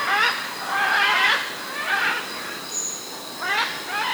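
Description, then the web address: Military macaw calls: grating, nasal squawks in several bursts with pauses, a thin steady high whine running underneath. South America. "Natures Songs S America Military Macaw (Ara Militaris)"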